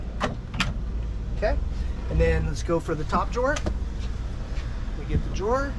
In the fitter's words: and then locks into place just like that